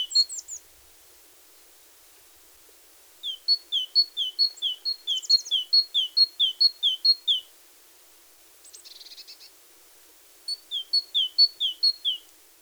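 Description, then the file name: Great tit song in three bursts of quick repeated two-note phrases, with a brief buzzy rattle before the last burst. "Parus major"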